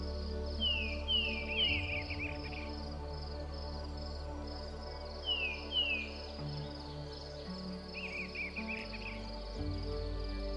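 Forest birds sing in short bursts of bright, falling whistles, clustered near the start, around five to six seconds, and again near eight seconds. A steady high insect-like buzz runs throughout, over a constant low hum that shifts slightly in pitch.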